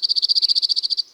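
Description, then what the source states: Cirl bunting song: a fast, even rattle of many repeated high notes, dry and unchanging in pitch, across one second. Song recorded in April.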